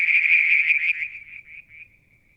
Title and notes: Frog song, Mount Wilson, New South Wales, Australia in July 2022 – by Alexander Moffatt. Limnodynastes Peronii, Litoria Verreauxii and a mystery frog one evening near the water tank